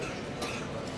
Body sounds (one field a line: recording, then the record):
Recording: coughing mixed with background sound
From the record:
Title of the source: 64 coughing, allergies, singing lungs